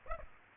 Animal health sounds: mosquito wingbeat signal from an infrared sensor; Aedes aegypti

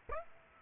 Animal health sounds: mosquito wingbeat signal from an infrared sensor; Aedes aegypti

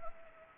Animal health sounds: mosquito wingbeat signal from an infrared sensor; Anopheles arabiensis

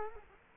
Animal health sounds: mosquito wingbeat signal from an infrared sensor; Culex quinquefasciatus

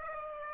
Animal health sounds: mosquito wingbeat signal from an infrared sensor; Aedes aegypti

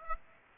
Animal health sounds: mosquito wingbeat signal from an infrared sensor; Aedes aegypti

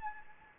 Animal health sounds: mosquito wingbeat signal from an infrared sensor; Anopheles gambiae

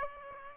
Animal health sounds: mosquito wingbeat signal from an infrared sensor; Aedes aegypti

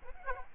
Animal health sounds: mosquito wingbeat signal from an infrared sensor; Aedes aegypti

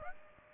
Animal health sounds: mosquito wingbeat signal from an infrared sensor; Aedes aegypti

